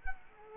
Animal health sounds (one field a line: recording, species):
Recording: mosquito wingbeat signal from an infrared sensor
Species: Culex quinquefasciatus